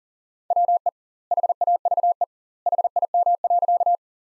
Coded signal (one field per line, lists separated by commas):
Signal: Morse code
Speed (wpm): 40 wpm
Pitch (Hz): 700 Hz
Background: none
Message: WE HAVE HIM.